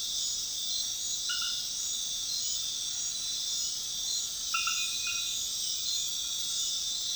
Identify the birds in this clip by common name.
none